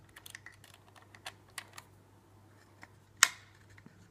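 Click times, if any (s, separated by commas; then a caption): 3.2 s. A new blade is pushed into a jigsaw's quick-release blade clamp, with a series of small, light ticks and rattles as it is worked in. A single loud, sharp click at 3.2 seconds marks the blade locking into the clamp, and it is seated.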